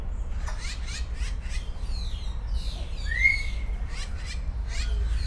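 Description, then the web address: Grey parrot whistling: a run of short chirpy notes, then a clear rising whistle and more scattered squeaky calls over a steady low rumble. Captive, in a zoo at Szeged, 2011; described as interesting sounds. "szegedizoo 2011 jakopapagaj erdekeshangotisad"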